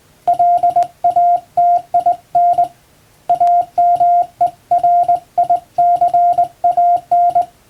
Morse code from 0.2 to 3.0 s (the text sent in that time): LATIN